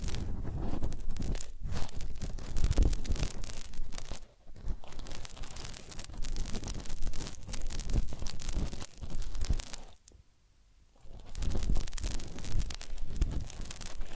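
Massage and ear cleaning sounds: dense, rustling, crackly rubbing with low thumps, dropping to near silence around 4 seconds and again around 10–11 seconds.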